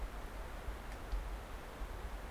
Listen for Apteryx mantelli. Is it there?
no